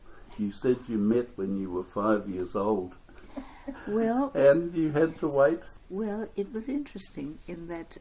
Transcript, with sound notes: You said you met when you were five years old. [Chuckle] Well… And you had to wait… Well it was interesting in that…